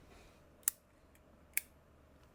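Movable parts on a copper lightsaber core are pushed back into position, and magnets snap them shut with two sharp clicks at 0.7 s and 1.6 s over a low hum. Each part seats firmly in place.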